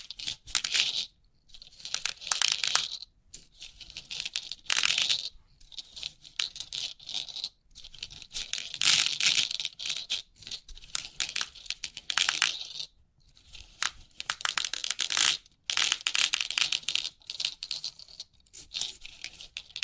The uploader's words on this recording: Crisp 3D Pin Art Tingles(No Talking).